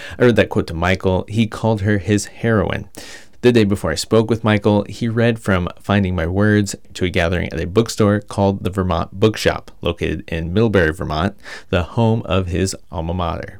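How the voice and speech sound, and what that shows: A single adult male reads narration at a low, steady pitch with fluent, well-articulated phrasing and only brief natural pauses between sentences. This is ordinary, typical connected speech with no voice or articulation problems heard.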